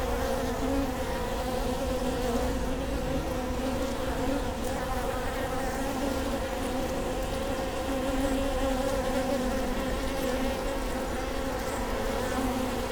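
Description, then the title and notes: Dense honey bee hum, even and unbroken, with several tonal bands. Bee hive at Prinzessinnengarten, Hermannstraße, Berlin, Germany; recorded with Sony PCM D50 and Primo EM172. "Prinzessinnengarten II, Hermannstraße, Berlin, Deutschland - bee hive. bee hive at Prinzessinnengarten"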